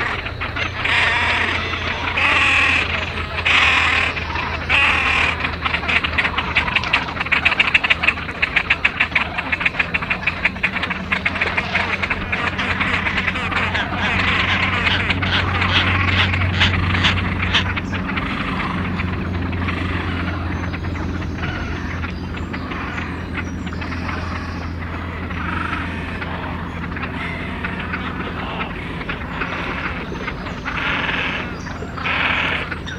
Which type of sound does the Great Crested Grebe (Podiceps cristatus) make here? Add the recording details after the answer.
call. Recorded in the wild. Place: Schwerin, Schweriner Innensee, Mecklenburg-Vorpommern, DE. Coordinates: 53.683, 11.46. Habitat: lake. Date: 1975-05-09 03:30. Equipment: Nagra III BH, Sennheiser MD 21, parabola. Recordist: Schubert, Michael